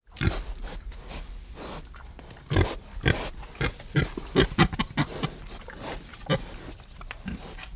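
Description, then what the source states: Pig giving scattered short, gruff grunts that come closer together in the middle. Pig heard on a farm.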